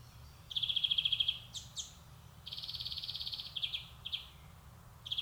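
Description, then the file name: European greenfinch rattling trill followed by short chirps and a longer buzzy twittering phrase, then another rattle starting, over low background noise. "Chloris chloris"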